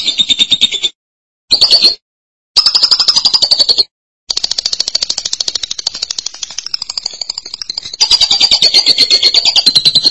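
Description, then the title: Lovebird song: bursts of rapid buzzy chatter broken by short pauses, then a long, steady stretch of scratchy rattling trills. "BM Suara Burung Lovebird"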